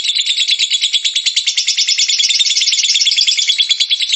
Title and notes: suara Master Kicau Lovebird ngekek, kicau pancingan